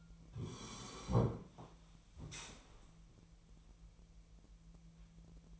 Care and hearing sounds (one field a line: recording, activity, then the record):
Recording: daily activity, microphone in the room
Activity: sit down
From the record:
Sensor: 1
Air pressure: 1001.6 hPa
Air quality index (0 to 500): 248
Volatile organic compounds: 121 ppm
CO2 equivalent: 3880 ppm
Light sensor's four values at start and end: 13/31/13/14 and 11/28/11/12